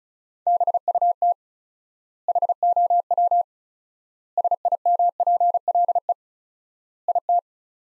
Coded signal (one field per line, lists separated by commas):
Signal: Morse code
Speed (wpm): 36 wpm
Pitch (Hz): 700 Hz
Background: none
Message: BUT HOW SIMPLE IT